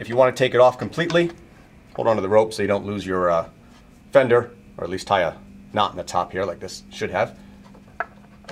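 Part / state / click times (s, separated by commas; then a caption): fender hanger tab latch on boat rail mount / released / 8.0 s, 8.5 s. Someone talks while a rail-mount fender hanger on a boat rail mount is handled, then its tab latch is pulled and releases in two detent clicks at 8.0 s and 8.5 s. The hanger clicks open in two steps and comes free of the rail.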